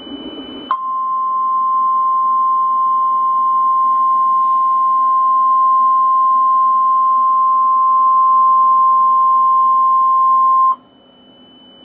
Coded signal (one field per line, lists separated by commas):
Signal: Emergency Alert System (SAME) tones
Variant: 1050 Hz attention tone